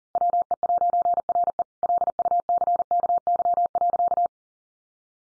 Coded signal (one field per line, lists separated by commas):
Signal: Morse code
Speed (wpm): 40 wpm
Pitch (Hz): 700 Hz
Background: none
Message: WE'RE LUCKY.